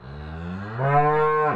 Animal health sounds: contact call of a hoofed animal; cattle; low-frequency (closed-mouth) or high-frequency (open-mouth) call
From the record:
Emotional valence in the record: negative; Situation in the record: separation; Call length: 1.56 s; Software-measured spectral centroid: 1040 Hz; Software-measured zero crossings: 1300 a second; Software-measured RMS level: -23 dBFS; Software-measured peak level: -9 dBFS

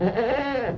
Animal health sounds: contact call of a hoofed animal; goat; low-frequency (closed-mouth) or high-frequency (open-mouth) call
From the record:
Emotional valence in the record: negative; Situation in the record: food frustration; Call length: 0.78 s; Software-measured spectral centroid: 1530 Hz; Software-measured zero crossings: 1240 a second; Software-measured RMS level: -24 dBFS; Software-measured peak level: -11 dBFS

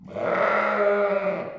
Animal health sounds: contact call of a hoofed animal; sheep; low-frequency (closed-mouth) or high-frequency (open-mouth) call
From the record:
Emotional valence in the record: negative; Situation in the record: short social isolation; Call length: 1.59 s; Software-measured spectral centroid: 1370 Hz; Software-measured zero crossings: 1590 a second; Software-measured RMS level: -24 dBFS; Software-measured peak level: -10 dBFS

